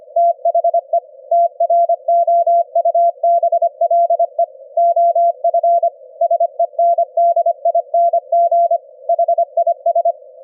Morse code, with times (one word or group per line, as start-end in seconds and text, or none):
0.2-1.0 THE
1.3-4.4 TROUBLE
4.8-5.9 OF
6.2-8.8 SENDING
9.1-10.1 HIS